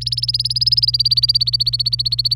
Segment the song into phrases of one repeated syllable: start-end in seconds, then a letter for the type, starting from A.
0.01-2.35 A